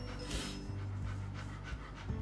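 Rhodesian Ridgeback panting in short, rapid breathy bursts, with a faint low hum running underneath throughout.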